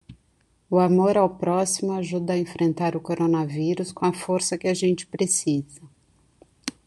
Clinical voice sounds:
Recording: spoken sentence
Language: Brazilian Portuguese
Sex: female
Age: 40 to 49 years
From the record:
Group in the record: control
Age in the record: 46 years

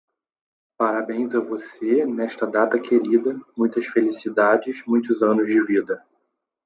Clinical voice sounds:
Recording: short text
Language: Brazilian Portuguese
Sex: male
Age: 20 to 29 years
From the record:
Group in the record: control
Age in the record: 29 years

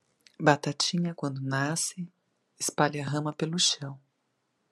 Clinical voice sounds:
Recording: short text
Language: Brazilian Portuguese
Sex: female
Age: 50 to 59 years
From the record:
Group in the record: control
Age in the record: 50 years

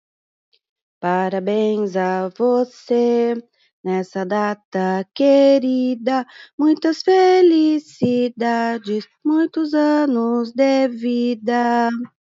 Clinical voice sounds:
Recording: short text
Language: Brazilian Portuguese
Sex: female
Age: 40 to 49 years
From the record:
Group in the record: control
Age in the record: 48 years

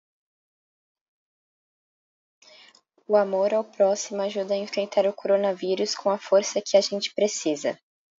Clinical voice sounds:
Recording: spoken sentence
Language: Brazilian Portuguese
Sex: female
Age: 20 to 29 years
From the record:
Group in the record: control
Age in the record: 22 years

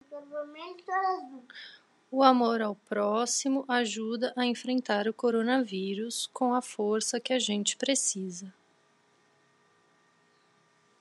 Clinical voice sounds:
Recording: spoken sentence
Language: Brazilian Portuguese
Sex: female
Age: 30 to 39 years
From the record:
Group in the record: control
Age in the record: 39 years

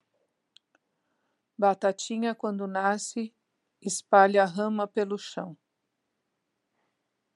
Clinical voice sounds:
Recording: short text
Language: Brazilian Portuguese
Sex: female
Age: 60 to 69 years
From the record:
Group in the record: control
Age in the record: 62 years

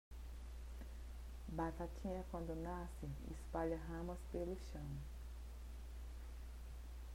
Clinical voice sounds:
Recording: short text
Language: Brazilian Portuguese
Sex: female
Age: 50 to 59 years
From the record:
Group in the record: control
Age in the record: 56 years

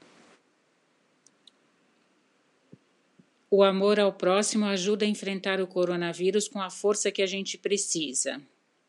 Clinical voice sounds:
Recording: spoken sentence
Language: Brazilian Portuguese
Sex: female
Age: 60 to 69 years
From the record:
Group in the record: control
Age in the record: 61 years

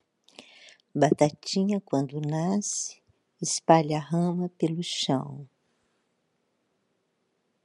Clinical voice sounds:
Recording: short text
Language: Brazilian Portuguese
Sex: female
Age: 60 to 69 years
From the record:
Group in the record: control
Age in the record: 67 years

